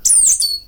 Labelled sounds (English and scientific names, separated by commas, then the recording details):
Stitchbird (Notiomystis cincta) song
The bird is a male
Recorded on Tiritiri Matangi Island, New Zealand, in 2005
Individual 17, of nest box 25